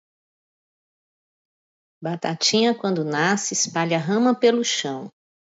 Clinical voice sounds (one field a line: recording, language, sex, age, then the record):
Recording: short text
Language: Brazilian Portuguese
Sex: female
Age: 50 to 59 years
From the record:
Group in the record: control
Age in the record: 57 years